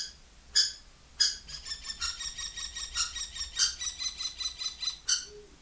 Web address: kestrel sound